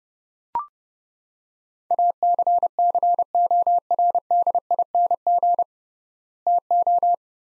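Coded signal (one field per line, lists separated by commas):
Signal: Morse code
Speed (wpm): 29 wpm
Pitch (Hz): 700 Hz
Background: none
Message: ACCORDING TO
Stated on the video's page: Morse practice, sets of two words at 30 wpm with 3x word spacing, a word-based analogue of Farnsworth spacing, for head-copy training.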